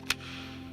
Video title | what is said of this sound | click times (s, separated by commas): Matt Levi Investigates - Episode 7 - Inside HPD - Aired 2014 | Locks in place. | 0.1 s